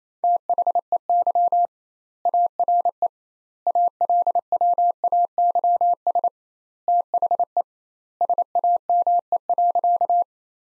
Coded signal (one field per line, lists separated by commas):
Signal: Morse code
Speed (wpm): 28 wpm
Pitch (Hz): 700 Hz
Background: none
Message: THEY ARE ALWAYS THE SAME.